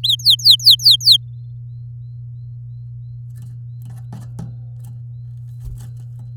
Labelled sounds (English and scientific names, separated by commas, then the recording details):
Domestic Canary (Serinus canaria) song
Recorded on 8 May 2018 at 12:54
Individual llb16